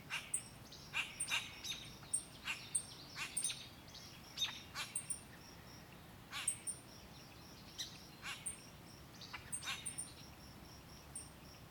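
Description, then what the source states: Birds giving sharp, scattered chirps and clicks, with thin high whistled notes repeating in the background over a low steady rumble. Angry birds fighting, recorded in the countryside.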